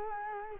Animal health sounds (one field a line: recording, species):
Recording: mosquito wingbeat signal from an infrared sensor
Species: Culex quinquefasciatus